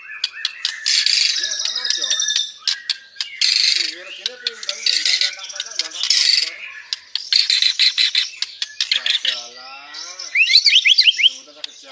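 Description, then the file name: White-rumped shama song full of dense, buzzy, rapid-fire note bursts, with softer warbled phrases beneath and a series of upswept notes near the end. Banjar type; rapid-fire 'tembakan' song style delivered at tight speed. "Suara tembakan speed rapat Murai batu banjar"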